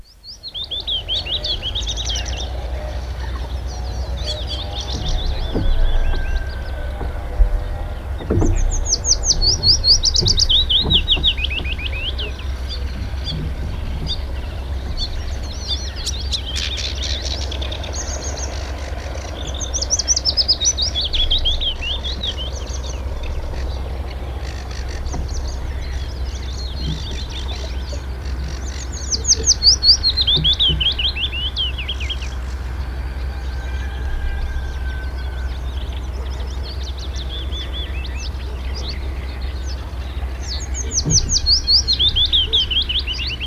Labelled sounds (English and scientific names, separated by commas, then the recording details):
Willow Warbler (Phylloscopus trochilus) song
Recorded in the wild
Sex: male
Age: adult
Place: Elblag, Warminsko-Mazurskie, PL
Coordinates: 54.1, 19.4833
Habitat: lake
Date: 1966-05-13
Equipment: Nagra III BH
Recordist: Schubert, Michael